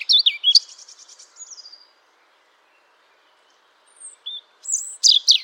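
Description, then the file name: European robin song: a wavering high warble and trill, a long pause, then thin high whistled notes ending in a sharp, sliding burst. "Erithacus rubecula"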